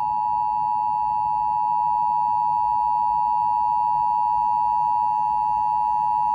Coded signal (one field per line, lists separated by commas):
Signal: Emergency Alert System (SAME) tones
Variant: 853 and 960 Hz attention tone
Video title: EAS Required Monthly Test for all of New Jersey on WPPZ-FM (EAS #304)